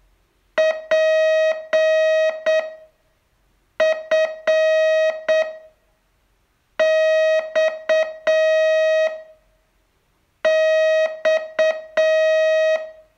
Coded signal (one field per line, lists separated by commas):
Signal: Morse code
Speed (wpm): 8 wpm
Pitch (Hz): 630 Hz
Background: music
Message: P F X X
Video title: Learn Morse in 42 Days from VU2LAU - day 29